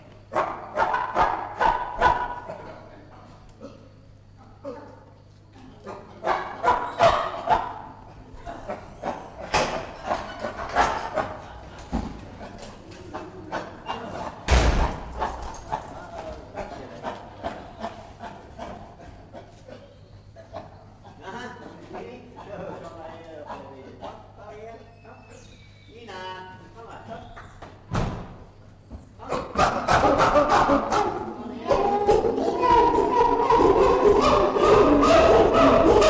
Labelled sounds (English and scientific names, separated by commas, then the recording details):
Chimpanzee (Pan troglodytes) call
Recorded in captivity
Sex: group
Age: adult
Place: Zoo Berlin, Berlin, DE
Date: 1958-12-02 16:00
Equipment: Vollspur
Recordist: Tembrock, Günter